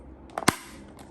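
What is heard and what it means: Plastic track piece A is pressed onto the launching pad of a Mattel Disney Pixar Cars Glow Racers Launch & Criss-Cross Track playset. Sharp plastic snaps sound at 0.4 s and 0.5 s, the second louder, followed by faint handling noise. The track piece is seated in the launch pad.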